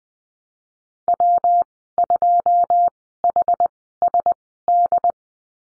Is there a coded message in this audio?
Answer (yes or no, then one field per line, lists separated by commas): yes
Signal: Morse code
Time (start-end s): 1.1-5.1 s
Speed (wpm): 20 wpm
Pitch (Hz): 700 Hz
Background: none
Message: W2HSD